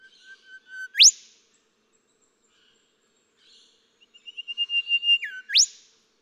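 Golden whistler song: two phrases, each a held whistled note snapping into a sharp rising whipcrack.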